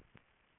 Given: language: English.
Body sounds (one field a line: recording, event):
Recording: throat vibration sensor signal played as sound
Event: swallow